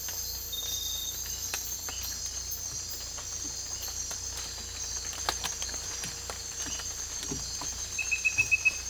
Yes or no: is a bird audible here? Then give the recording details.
no. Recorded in dense forest near Puerto Asís, Putumayo, Colombia, on 18 December 2024 at 03:30. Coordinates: 0.484, -76.317. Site G026